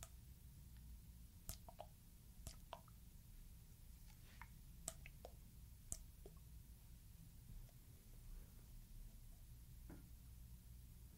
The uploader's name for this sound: LIQUID SOUNDS, SPRAY SOUNDS, LIQUID SHAKING and DROPPER BOTTLE